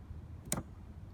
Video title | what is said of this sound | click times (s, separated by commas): How To Replace Windshield Wipers - Jeep Wrangler TJ (Andy’s Garage: Episode - 187) | Hear a click, it's locked. | 0.5 s